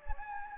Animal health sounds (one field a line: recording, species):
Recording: mosquito wingbeat signal from an infrared sensor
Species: Anopheles gambiae